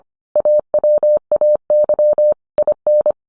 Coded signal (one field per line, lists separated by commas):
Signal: Morse code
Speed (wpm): 25 wpm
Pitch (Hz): 600 Hz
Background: none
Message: AWAY IN